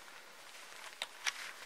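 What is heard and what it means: A plastic side-release buckle on the sling strap of a Vanquest Javelin 2.0 Vslinger pack, which has an extra third switch acting as a secondary safety so removal is deliberately a little harder, is worked open by hand to unclip the sling. Two sharp clicks sound at 1.0 s and 1.3 s over faint background hiss, and the buckle releases.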